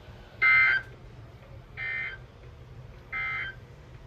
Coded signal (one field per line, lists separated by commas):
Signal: Emergency Alert System (SAME) tones